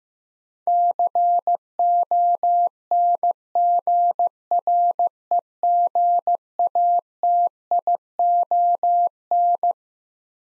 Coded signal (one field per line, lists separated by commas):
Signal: Morse code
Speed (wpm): 15 wpm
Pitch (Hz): 700 Hz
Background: none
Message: CONGREGATION